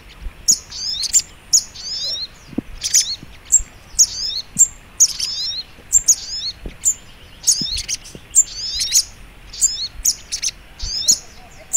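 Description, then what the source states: Little Spiderhunter song: piercing high chirped notes and short falling slurs, repeated in a brisk, continuous series. Training recording (masteran).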